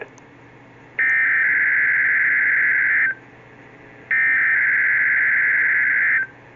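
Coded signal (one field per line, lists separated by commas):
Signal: Emergency Alert System (SAME) tones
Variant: header bursts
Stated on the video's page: Required weekly test broadcast on NOAA weather radio station WXL46.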